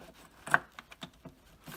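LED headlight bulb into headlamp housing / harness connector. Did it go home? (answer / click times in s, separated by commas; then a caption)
yes / 0.5 s. A Beamtech LED headlight bulb or its plug is pushed into the headlamp housing or wiring harness connector on a 2006-2016 ninth-generation Impala/Limited. A sharp plastic snap is heard at 0.5 s, followed by a few fainter ticks. The connector is seated.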